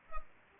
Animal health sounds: mosquito wingbeat signal from an infrared sensor; Culex pipiens

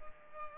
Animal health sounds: mosquito wingbeat signal from an infrared sensor; Culex pipiens

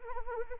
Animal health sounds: mosquito wingbeat signal from an infrared sensor; Anopheles arabiensis

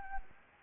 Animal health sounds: mosquito wingbeat signal from an infrared sensor; Anopheles arabiensis

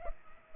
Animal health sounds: mosquito wingbeat signal from an infrared sensor; Culex pipiens

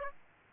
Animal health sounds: mosquito wingbeat signal from an infrared sensor; Aedes aegypti

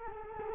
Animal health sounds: mosquito wingbeat signal from an infrared sensor; Culex quinquefasciatus

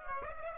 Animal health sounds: mosquito wingbeat signal from an infrared sensor; Aedes aegypti

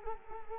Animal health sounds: mosquito wingbeat signal from an infrared sensor; Culex quinquefasciatus

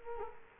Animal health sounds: mosquito wingbeat signal from an infrared sensor; Culex quinquefasciatus

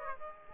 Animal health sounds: mosquito wingbeat signal from an infrared sensor; Aedes aegypti

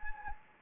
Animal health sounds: mosquito wingbeat signal from an infrared sensor; Anopheles gambiae

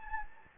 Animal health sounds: mosquito wingbeat signal from an infrared sensor; Anopheles gambiae

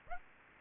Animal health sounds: mosquito wingbeat signal from an infrared sensor; Aedes aegypti

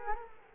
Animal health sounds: mosquito wingbeat signal from an infrared sensor; Culex quinquefasciatus

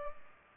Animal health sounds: mosquito wingbeat signal from an infrared sensor; Culex pipiens

